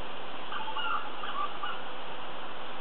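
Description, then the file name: Grey junglefowl: a few faint, short notes in the middle over a steady background hiss. "G sonnerati"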